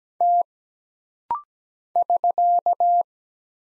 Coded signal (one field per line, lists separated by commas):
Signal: Morse code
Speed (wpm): 17 wpm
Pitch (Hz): 700 Hz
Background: none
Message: T <SK>